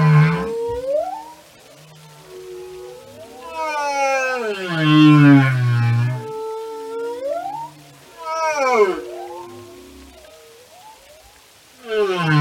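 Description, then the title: Whale song: a long, slowly descending wail blending into a deep moan, then a sharper harmonic cry and upswept whistles. Whale songs and communication. "Whale Behavior"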